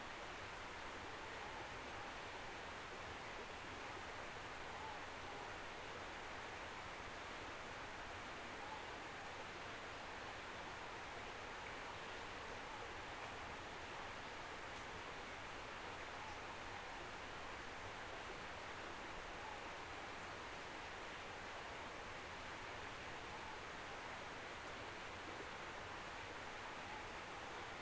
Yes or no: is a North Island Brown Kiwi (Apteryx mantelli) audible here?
no